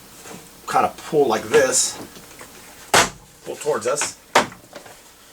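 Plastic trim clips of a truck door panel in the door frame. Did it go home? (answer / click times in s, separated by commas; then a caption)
released / 4.4 s. On a 2021 Nissan Frontier, the door panel is pulled toward the puller to release the plastic trim clips holding it in the door frame. Someone talks, and then a sharp pop at 4.4 s marks the clips popping loose. A faint click follows at 4.8 s.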